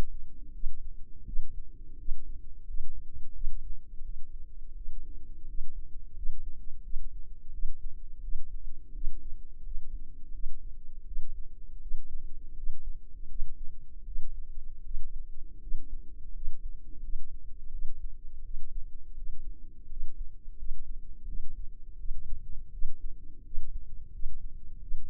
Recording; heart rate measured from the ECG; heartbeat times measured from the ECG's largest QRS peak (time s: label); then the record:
heart sounds by microphone in the left ear; 84 bpm
0.52 s: heartbeat
1.25 s: heartbeat
1.97 s: heartbeat
2.65 s: heartbeat
3.33 s: heartbeat
4.02 s: heartbeat
4.74 s: heartbeat
5.46 s: heartbeat
6.14 s: heartbeat
6.82 s: heartbeat
7.51 s: heartbeat
8.21 s: heartbeat
8.92 s: heartbeat
9.62 s: heartbeat
10.31 s: heartbeat
11.04 s: heartbeat
11.80 s: heartbeat
12.54 s: heartbeat
13.27 s: heartbeat
14.04 s: heartbeat
14.82 s: heartbeat
15.59 s: heartbeat
16.32 s: heartbeat
17.00 s: heartbeat
17.70 s: heartbeat
18.42 s: heartbeat
19.15 s: heartbeat
19.87 s: heartbeat
20.56 s: heartbeat
21.25 s: heartbeat
21.96 s: heartbeat
22.70 s: heartbeat
23.42 s: heartbeat
24.11 s: heartbeat
24.79 s: heartbeat
From the record:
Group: healthy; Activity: rest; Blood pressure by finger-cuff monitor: 129/78 mmHg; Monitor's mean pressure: 94 mmHg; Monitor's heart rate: 83 bpm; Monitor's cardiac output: 6.9 L/min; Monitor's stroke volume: 82 mL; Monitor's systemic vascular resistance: 1010 dyn s/cm5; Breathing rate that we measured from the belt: 17 breaths a minute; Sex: female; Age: 24 years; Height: 163 cm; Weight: 55.7 kg